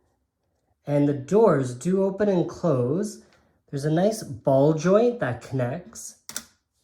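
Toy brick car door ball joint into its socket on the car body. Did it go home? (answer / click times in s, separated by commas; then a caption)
yes / 6.3 s, 6.4 s. Someone talks, then a plastic LEGO Dodge Charger R/T car door is closed so its ball joint connector snaps into its socket on the car body. Two short, sharp clicks are heard at 6.3 s and 6.4 s as the door clicks into place and seats.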